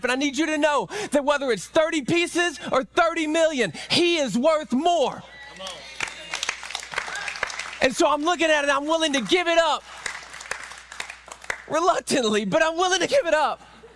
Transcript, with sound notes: And I need you to know that whether it's 30 pieces or 30 million, he is worth more. [applause] And so I'm looking at it and I'm willing to give it up reluctantly, but I'm willing to give it up